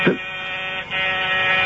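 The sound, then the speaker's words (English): A harsh, steady electric door buzzer drones loudly for under two seconds, cutting out briefly partway through before resuming, with no voices over it. “Someone's at the door”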